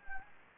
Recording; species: mosquito wingbeat signal from an infrared sensor; Anopheles gambiae